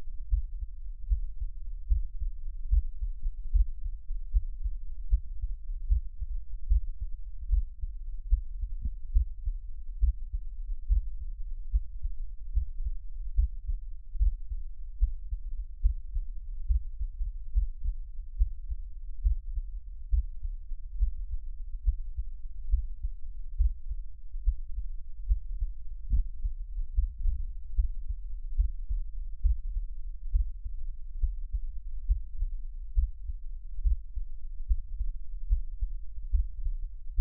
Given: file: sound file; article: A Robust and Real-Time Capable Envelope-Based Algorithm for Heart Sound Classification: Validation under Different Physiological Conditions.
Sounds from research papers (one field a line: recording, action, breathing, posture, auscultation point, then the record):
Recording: heart sounds by electronic stethoscope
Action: rest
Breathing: normal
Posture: sitting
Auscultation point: Erb’s point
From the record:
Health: healthy, no known heart disease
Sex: male